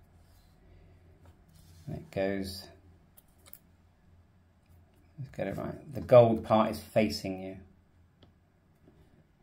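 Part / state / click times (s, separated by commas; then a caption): memory card into radio scanner card slot / not seated / none. A microSD card is held with its gold contacts facing outward and lined up at the card slot of a Whistler TRX1 handheld radio scanner, as part of fixing a corrupted SD card. Someone talks while faint small ticks are heard around 3.2 s and 3.5 s. The card has not yet been pushed in or clicked into place.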